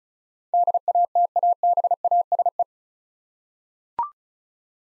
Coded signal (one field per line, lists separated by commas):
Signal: Morse code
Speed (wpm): 36 wpm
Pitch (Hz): 700 Hz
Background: none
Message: DATABASE